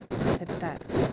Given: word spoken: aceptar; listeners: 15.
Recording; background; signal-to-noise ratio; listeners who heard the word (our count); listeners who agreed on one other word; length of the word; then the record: one Spanish word in noise, from a listening test; noise modulated by one talker; -7.4 dB; 6 of 15; 6 of 15; 0.73 s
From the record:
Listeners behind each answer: 6, 6, 3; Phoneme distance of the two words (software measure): 10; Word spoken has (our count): 3 syllables, 7 phonemes, stress on syllable 3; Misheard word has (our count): 3 syllables, 7 phonemes, stress on syllable 3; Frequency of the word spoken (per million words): 53.58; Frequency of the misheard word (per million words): 2.87